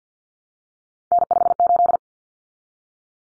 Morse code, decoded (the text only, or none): N58